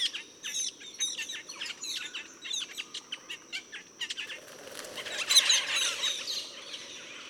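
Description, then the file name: Metallic starling calls: busy, overlapping high chirps and squeaks, a brief louder flurry near the end, over a steady thin high-pitched whine. "Aplonis Metallica"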